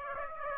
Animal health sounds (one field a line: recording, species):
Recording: mosquito wingbeat signal from an infrared sensor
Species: Aedes aegypti